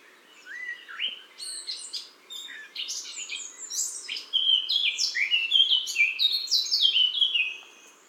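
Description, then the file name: Eurasian blackcap singing: a soft, scratchy warble opens the phrase, then a louder run of clear, fluty whistled notes lasts about three seconds before it stops. "Sylvia atricapilla"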